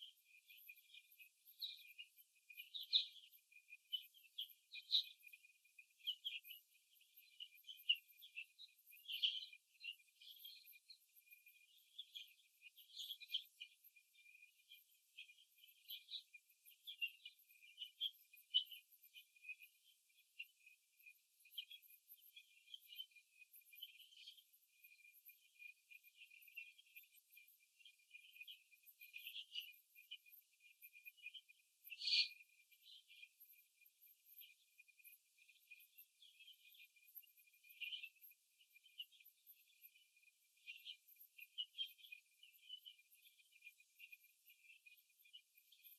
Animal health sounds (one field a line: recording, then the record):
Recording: young laying hens in a cage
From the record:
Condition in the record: before the stressor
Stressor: simulated dog barking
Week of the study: 2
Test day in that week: 3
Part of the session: 1